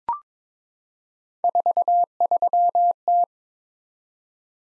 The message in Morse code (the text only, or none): 43T